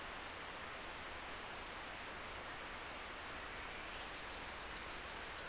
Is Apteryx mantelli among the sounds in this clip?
no